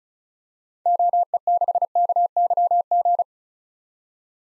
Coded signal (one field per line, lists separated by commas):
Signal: Morse code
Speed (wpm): 36 wpm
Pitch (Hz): 700 Hz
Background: none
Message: OE6KYG